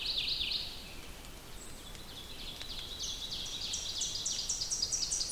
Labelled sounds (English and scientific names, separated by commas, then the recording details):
Ovenbird (Seiurus aurocapilla) song
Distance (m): 70 m
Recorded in boreal forest in Alberta, Canada, on 2 June 2016 at 08:35
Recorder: SongMeter 3, array SBT-3-7
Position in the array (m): 54 m, 85 m
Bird 5